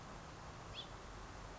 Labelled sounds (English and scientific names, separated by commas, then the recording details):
House Finch (Haemorhous mexicanus)
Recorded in Sonoma County, California